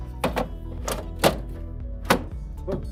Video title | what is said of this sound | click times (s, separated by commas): Glowforge 3D Laser Printer Unboxing | snaps right in. | 2.1 s